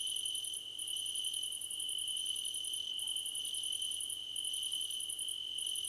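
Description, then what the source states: Several crickets chirp at once. A steady high whine runs throughout, topped by quick pulsed trills in stretches broken by brief pauses. Crickets in a choir competition.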